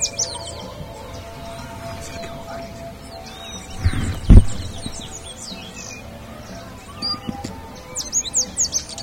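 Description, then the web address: Bird chirps, thin and high, scattered at the start and again near the end, with a loud low thump in the middle and a soft background hum. "BIRD 2015 SABIOD 50 bird 2015"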